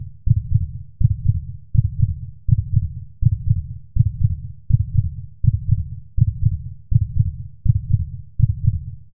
Human heartbeat speeding up.